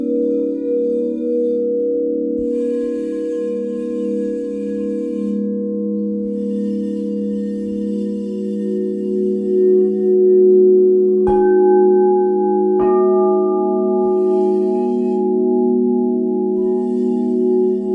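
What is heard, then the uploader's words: Large crystal alchemy bowls hum in a thick, steady low drone, with a slow wavering pulse running through the tone. A new ring joins at about 11 seconds and another near 13, adding brighter pitched layers above the drone as it sustains to the end. Alchemy bowls (large crystal bowls).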